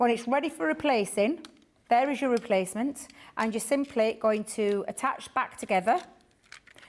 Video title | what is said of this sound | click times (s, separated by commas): Craft Your Stash: Glue School (05th May 2025) | And it clicks into place. | 6.5 s